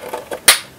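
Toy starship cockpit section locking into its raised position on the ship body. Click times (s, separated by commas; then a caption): 0.5 s. The plastic cockpit of a Hasbro Star Wars Vintage Series Boba Fett's Starship toy is flipped up against the ship body, taking a little negotiating as faint plastic handling taps sound near 0.1 and 0.3 seconds. At 0.5 seconds a loud, bright snap rings out as the cockpit locks into its raised position and stays up. A softer tap follows at 0.8 seconds.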